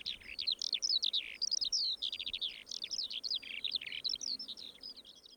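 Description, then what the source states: Eurasian skylark singing a fast, high, twittering stream of varied chirps and buzzy trills, continuous throughout. Recorded 14 June 2012.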